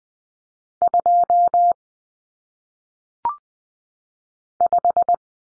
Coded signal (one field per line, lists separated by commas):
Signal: Morse code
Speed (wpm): 20 wpm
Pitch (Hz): 700 Hz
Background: none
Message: 2 5